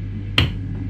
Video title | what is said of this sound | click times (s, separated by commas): Volvo V70 S60 00-04 Dashboard Cup holder repair | just keep pushing until you hear a nice click | 0.4 s